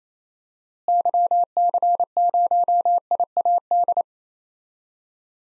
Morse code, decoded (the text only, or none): YC0IAD